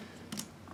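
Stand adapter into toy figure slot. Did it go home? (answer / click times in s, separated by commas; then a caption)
no / none. A plastic display stand adapter is handled against the small slot on a Bandai DX Chogokin VF-19 Advance figure from Macross Frontier, with two brief light plastic ticks at 0.3 s and 0.4 s over quiet background noise. Nothing has seated or clicked into place yet.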